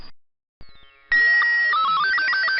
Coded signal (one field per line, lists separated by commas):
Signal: SSTV (slow-scan television)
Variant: Robot 36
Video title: (shortwave radio) [ full stream ] analog radio and ARGs